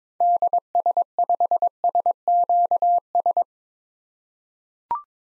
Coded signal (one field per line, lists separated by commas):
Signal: Morse code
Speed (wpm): 22 wpm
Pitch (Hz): 700 Hz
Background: none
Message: DS5SQS